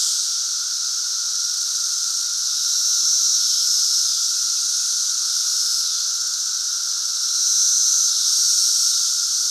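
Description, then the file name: Cicada chorus, a loud steady hissing buzz with a constant lower whine, gently swelling and fading in slow waves. Chorus during the 2024 220-year cicada emergence. "Lincoln's Cabin Cicadas"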